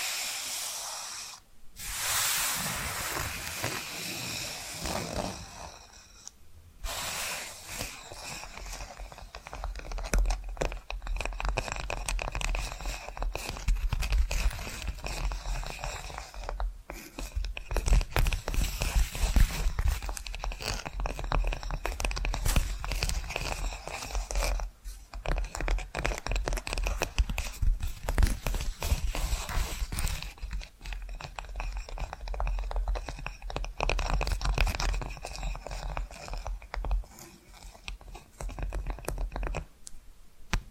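Dense, continuous tapping and scratching with crisp, crunchy textures, briefly pausing near 2, 6, 17 and 25 seconds before resuming.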